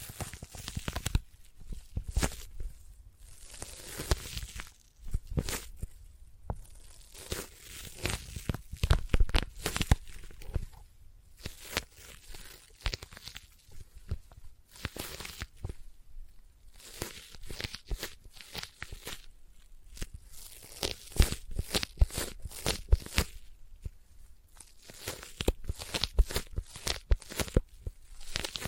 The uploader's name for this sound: Intense Sticky Tapping and Sticky Triggers